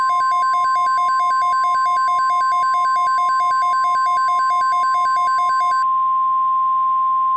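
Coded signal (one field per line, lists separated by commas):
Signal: Emergency Alert System (SAME) tones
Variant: 1050 Hz attention tone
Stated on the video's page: Fictional EAS scenario recreation about a nuclear plant incident.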